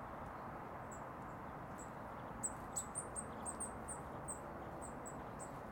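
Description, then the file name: Eurasian blue tit calls: a run of thin, very high, short notes, denser and louder in the second half, over a steady low rumbling background noise. "Cyanistes caeruleus"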